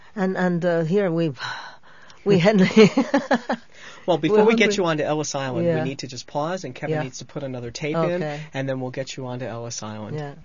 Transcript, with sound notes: And here we, we hadn't... ( she laughs )
Well, before we get you onto Ellis Island, we need to just pause, and Kevin needs to put another tape in, and then we'll get you onto Ellis Island.